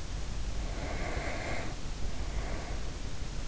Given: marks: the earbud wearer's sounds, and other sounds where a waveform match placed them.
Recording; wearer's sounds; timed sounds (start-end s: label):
sounds in sleep by an in-ear microphone; breath
0.52-3.04 s: breath